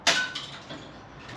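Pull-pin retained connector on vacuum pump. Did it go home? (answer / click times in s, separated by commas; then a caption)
no / none. During a vacuum pump replacement on a 2012 Ford F150, the supplied pull pin on the pull-pin retained connector at the vacuum pump connection is being handled. A loud, bright burst of handling noise comes at about 0.1 s, a smaller knock at about 0.35 s and a faint one near 0.7 s, then only quiet background. Nothing has seated or clicked yet.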